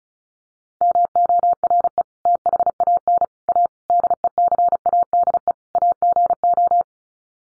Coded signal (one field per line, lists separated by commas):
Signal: Morse code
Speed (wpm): 34 wpm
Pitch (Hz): 700 Hz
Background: none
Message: MORE THAN A DECADE AGO